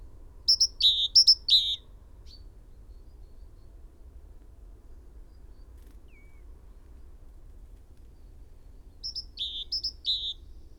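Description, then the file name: Great tit song, a brief burst of three high two-part phrases, then a long quiet gap before another short run of similar phrases. "Parus major"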